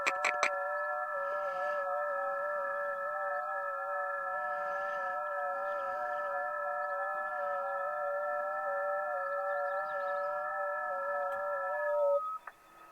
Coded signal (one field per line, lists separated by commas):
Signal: FT8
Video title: Ham Radio in The Zone Of Death - Yellowstone National Park